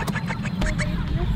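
A short, rough, honking noise from a Cornish cross meat chicken, turning into a squeaky, musical tone in its last half-second. This is wheezing from breathing distress, with open-mouth breathing and a bluish rather than red comb from poor blood oxygen. It is linked to ascites ('water belly'), where a weak heart, to which the breed is genetically predisposed, lets fluid build up in the belly.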